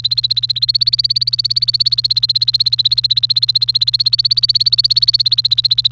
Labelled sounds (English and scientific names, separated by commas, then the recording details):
Domestic Canary (Serinus canaria) song
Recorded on 29 April 2018 at 16:44
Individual llb3